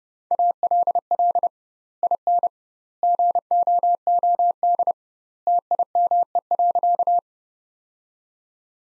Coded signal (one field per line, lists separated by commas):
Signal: Morse code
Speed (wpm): 30 wpm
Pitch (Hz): 700 Hz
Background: none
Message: ALL IN GOOD TIME.